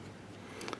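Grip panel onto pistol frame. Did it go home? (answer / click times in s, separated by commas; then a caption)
yes / 0.7 s. A grip panel is pressed by hand, with no tools and its star pointing to the top, onto the frame of a Norinco Model 213A pistol over a steady low background noise. Two short, sharp snaps come at 0.7 s and 0.7 s as the panel seats. The panel snaps into place.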